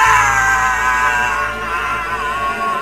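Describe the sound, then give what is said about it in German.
A loud, sustained scream with strong wavering harmonics, holding a high pitch for nearly three seconds before easing slightly at the end, with no talking over it. “Wer hat denn da so geschrien?”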